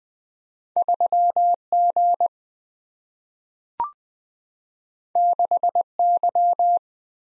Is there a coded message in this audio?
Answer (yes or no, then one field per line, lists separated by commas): yes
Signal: Morse code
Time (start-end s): 0.8-6.8 s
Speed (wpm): 20 wpm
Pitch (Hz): 700 Hz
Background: none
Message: 3G 6Y